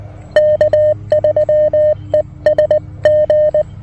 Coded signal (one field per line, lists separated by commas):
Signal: Morse code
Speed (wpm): 20 wpm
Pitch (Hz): 610 Hz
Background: none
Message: K3ESG